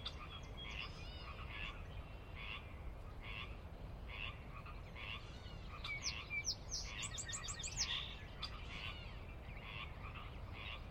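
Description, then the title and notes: Pacific chorus frogs croaking in a steady rhythmic chorus of raspy calls, a quick bird trill midway. Wild chorus on the valley floor of Sinlahekin Valley, Washington, a glacier-carved valley in the Sinlahekin Wildlife Area on the Cascades' northeastern slope; recorded at dusk. "Sinlahekin Valley dusk. the ever-present Pacific Chorus Frogs that are a fixture of the Northwest Soundscape"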